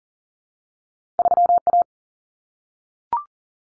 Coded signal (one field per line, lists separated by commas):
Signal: Morse code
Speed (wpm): 40 wpm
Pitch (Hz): 700 Hz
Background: none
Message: 3A